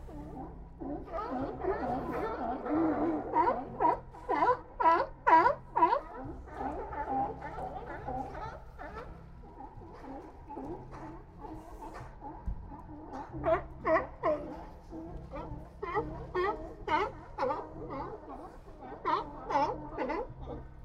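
Old Fisherman's Wharf at Monterey Bay, with loud, hoarse barking calls in rapid runs, densest in the first five seconds and returning in bursts around 13, 17 and 20 seconds. A steady low rumble sits underneath throughout, with quieter murmuring between the calls.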